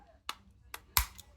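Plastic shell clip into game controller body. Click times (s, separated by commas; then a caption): 1.0 s. While an Xbox One S controller is reassembled during a drift repair, one side of its plastic shell is pressed back onto the controller body, and the shell's clip gives a sharp plastic snap at 1.0 s. Lighter taps come at about 0.3 s and 0.7 s before it and 1.2 s after. The clip snaps back in all the way and is seated.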